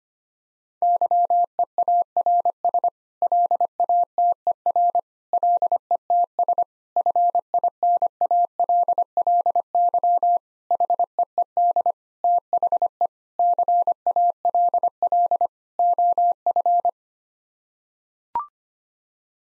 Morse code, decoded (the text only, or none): YEARS LATER LETS FINALLY HEED THE CALL OF